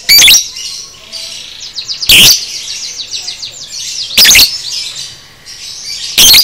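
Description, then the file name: Lovebird calls: piercing screeches every two seconds, with busy high chirping and fluttering trills filling the gaps. Masteran lovebird 'paud' recording, made for training cage birds. "masteran lovebird paud"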